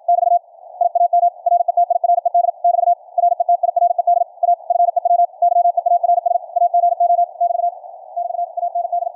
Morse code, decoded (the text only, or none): <BT> I AM RETIRED <BT> RETIRED A FEW YEARS AGO <BT> <BT> AND